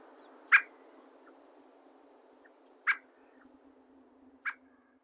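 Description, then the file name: Dusky thrush calls: three clipped, sharp notes with uneven gaps, the first loudest, with a few faint ticks. Chichibu, 3 February 2022. "tsugumi chichibu"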